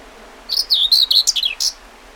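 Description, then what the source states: Common whitethroat song: one brief scratchy, chattering warble of quick jumbled notes over quiet background. Recorded 20 May 2009.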